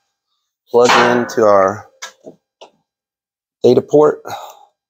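Someone talks while a BT-Moto ECU reflash unit's plug is handled toward the diagnostic data port of a 2018-or-later Honda Goldwing motorcycle, with brief handling ticks at about 2.0 s and 2.6 s between the speech. The plug has not seated or clicked into the port yet.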